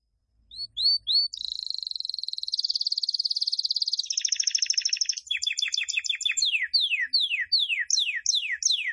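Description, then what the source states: Canary song: a few bright upslurred chirps, then long fast buzzy rolls and rapid repeated sweeping notes, loud and continuous without pause. Described as gacor, singing vigorously and continuously.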